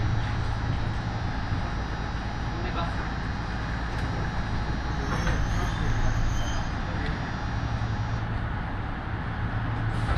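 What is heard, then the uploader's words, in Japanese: A ride on the Yoro Railway: a steady low rumble of the moving train fills the clip, with faint voices and brief clicks around four and five seconds. 養老鉄道 揖斐→大垣→養老。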